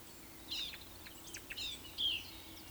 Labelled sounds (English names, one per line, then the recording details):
Eurasian Woodcock whistle
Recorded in Baden-Württemberg, Germany, on 26 May 2020 at 19:46 UTC
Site 45304, 487 m above sea level